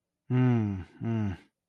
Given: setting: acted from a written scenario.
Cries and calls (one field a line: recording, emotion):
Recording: vocal sound without words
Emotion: sympathy